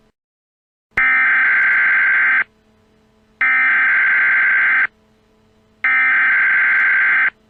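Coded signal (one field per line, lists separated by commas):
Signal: Emergency Alert System (SAME) tones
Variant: header bursts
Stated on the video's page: Fictional EAS scenario of a terrorist attack on a Central Pennsylvania mall, made for entertainment.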